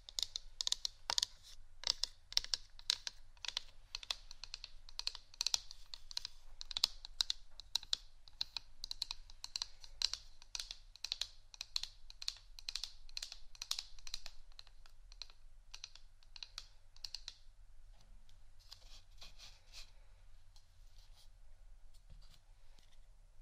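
Quick, dense tapping and scratching on wooden items, a rapid run of sharp bright clicks much like typing. The taps are thickest for the first seventeen seconds, then thin out and soften, with a faint low hum underneath throughout.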